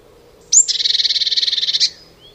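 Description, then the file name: Eurasian blue tit call opening with a sharp high note, then a long buzzy churr of rapid even pulses lasting over a second, ending in a brief accent. "Cyanistes caeruleus"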